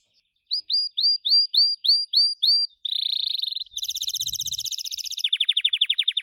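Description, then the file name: Gloster canary song: seven clear upswept whistles about three per second, then a buzzy trill, a high rolling phrase and a fast lower trill. "canto do canario gloster"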